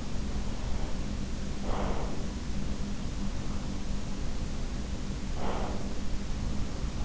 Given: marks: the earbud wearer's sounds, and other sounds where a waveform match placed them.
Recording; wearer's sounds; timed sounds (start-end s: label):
sounds in sleep by an in-ear microphone; breath
0.00-2.46 s: breath
5.26-6.14 s: breath